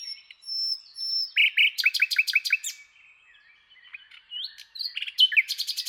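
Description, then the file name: Common nightingale song: a thin drawn-out whistle, a burst of liquid repeated notes, quiet scratchy sounds, then rapid repeated notes returning. "Luscinia megarhynchos"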